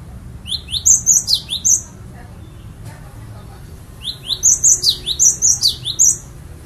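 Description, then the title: Bird song: two bursts of quick, high, sharp chirping phrases, separated by a pause of about two seconds, with low background hum. "kikicau"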